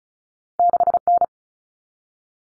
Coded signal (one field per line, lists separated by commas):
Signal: Morse code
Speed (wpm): 34 wpm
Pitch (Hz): 700 Hz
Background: none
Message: 6N